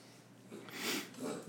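Two brief, harsh, snorting bursts of noisy airflow, fairly faint against a quiet room background. Reverse sneezing in a dog: rapid, forceful pulls of air in through the nose that give a pig-like snorting sound.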